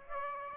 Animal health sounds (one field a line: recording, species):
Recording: mosquito wingbeat signal from an infrared sensor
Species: Aedes aegypti